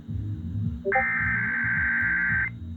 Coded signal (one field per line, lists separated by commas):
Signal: Emergency Alert System (SAME) tones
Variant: header bursts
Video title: EAS #569-573: Weekend Tests from 11/27-28/21